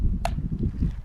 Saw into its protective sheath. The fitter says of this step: So I'm going to put it in there until I hear it click.